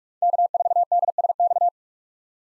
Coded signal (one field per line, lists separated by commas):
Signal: Morse code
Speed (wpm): 45 wpm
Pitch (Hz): 700 Hz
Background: none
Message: K4DSX